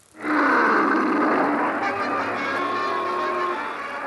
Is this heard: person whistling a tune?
no